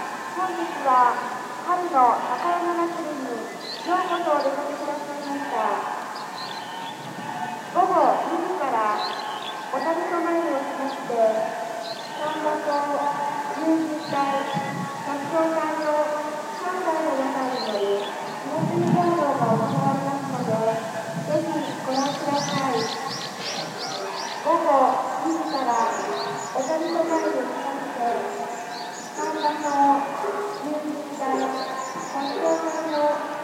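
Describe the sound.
A busy outdoor festival crowd fills the whole recording, with many voices talking and calling at once. The chatter stays dense and steady throughout, with occasional bright clinking or rattling sounds around the middle and later on.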